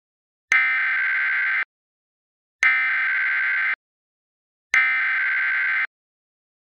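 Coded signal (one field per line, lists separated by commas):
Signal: Emergency Alert System (SAME) tones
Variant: header bursts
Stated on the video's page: Mock PDS Tornado Warning alert made on request, not a real activation.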